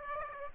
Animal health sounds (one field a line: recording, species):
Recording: mosquito wingbeat signal from an infrared sensor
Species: Aedes aegypti